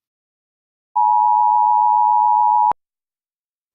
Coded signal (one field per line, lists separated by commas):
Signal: Emergency Alert System (SAME) tones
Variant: 853 and 960 Hz attention tone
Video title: Invasion of US - Part 1 [EAS Mock]